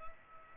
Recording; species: mosquito wingbeat signal from an infrared sensor; Culex pipiens